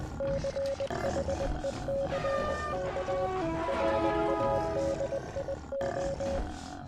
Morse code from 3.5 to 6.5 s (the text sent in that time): RADIO